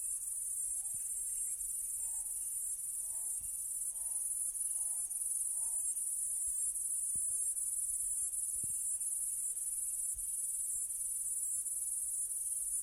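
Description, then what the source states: Platypleura cicada producing an unbroken, shrill, high buzz from start to end, with soft low knocks now and then. Recorded in Kaning'ina Forest; genus Platypleura, species unidentified.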